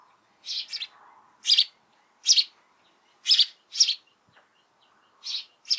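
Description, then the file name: House sparrow chirping, sharp bright chirps given singly or in pairs at irregular intervals, about eight notes with short silent gaps. "Passer domesticus"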